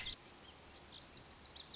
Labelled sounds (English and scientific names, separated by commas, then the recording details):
Lazuli Bunting (Passerina amoena)
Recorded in Sonoma County, California